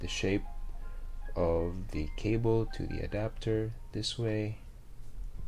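A micro USB cable plug is lined up with and pushed toward the port of a small Apple Lightning to Micro USB adapter with a plastic and metal housing, while someone talks throughout. No distinct click is heard, and nothing has seated or clicked yet.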